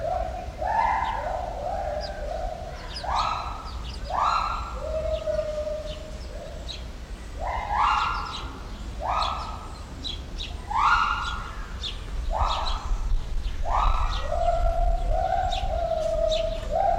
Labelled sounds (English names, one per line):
Pileated Gibbon